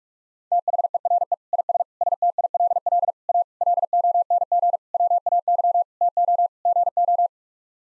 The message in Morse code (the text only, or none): THERE IS STILL A LONG WAY TO GO